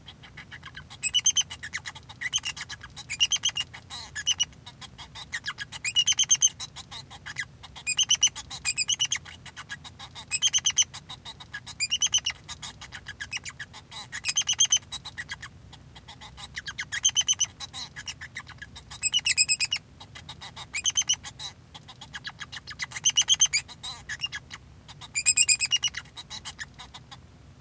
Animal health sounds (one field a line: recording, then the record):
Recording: song of a male Bengalese finch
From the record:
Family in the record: son of father 2